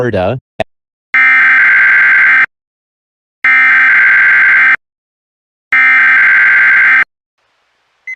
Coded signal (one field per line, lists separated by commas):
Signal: Emergency Alert System (SAME) tones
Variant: header bursts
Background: speech